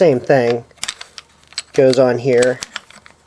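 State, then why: Not seated. A vacuum hose end with a plastic locking collar is handled at the blower port of a Kirby 514 upright vacuum cleaner while someone talks. A few short plastic taps and knocks are heard between the words. The hose has not seated or locked into place yet.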